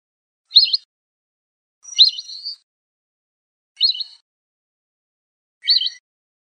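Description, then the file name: Lesser whistling duck uttering four high, piercing whistles at uneven intervals, the second one drawn out, in quiet surroundings. "audio burung belibis polos. omkicau"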